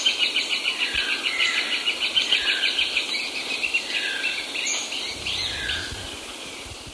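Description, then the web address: Long-tailed woodcreeper calling, a rapid run of bright, evenly repeated notes, several per second, fading slightly toward the end over a steady insect hiss. Recorded in Ecuador, South America. "Birds of Ecuador 2. Long-Tailed Woodcreeper"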